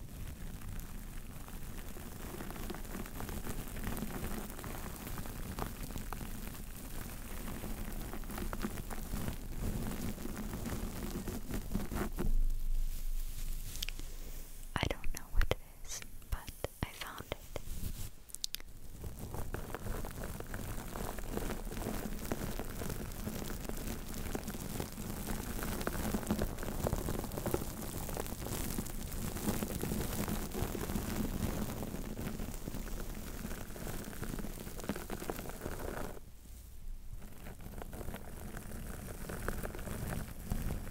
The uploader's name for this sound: ASMR Intense Bare Mic Triggers